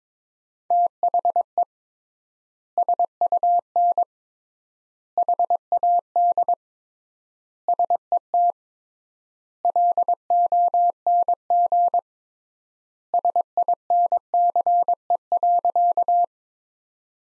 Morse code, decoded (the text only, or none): THE SUN HAD SET LONG SINCE.